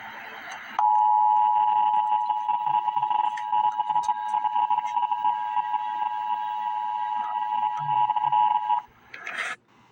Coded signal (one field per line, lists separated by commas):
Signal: Emergency Alert System (SAME) tones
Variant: 853 and 960 Hz attention tone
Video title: Emergency Alert System - Special Weather Statement - Dec 3, 2025 at 1:09 PM EST